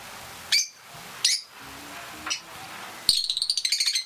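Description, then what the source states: Rosy-faced lovebird chirps: three sharp, shrill single notes spaced about a second apart, then a fast run of high, buzzy chirps. Played back.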